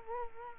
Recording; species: mosquito wingbeat signal from an infrared sensor; Culex quinquefasciatus